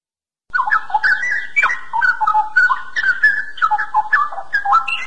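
Bird song: after a brief silence, a rapid, continuous warble of varied whistled notes jumping up and down in mid pitch, mixed with sharp clicking sounds.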